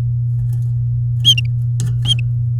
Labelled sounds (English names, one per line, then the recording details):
Domestic Canary song
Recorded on 3 May 2018 at 17:37
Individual llb16